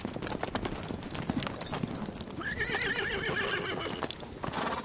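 A horse lets out a long, wavering whinny partway through, over a steady run of clattering hoofbeats as horses come back, continuing throughout without pause. No voices.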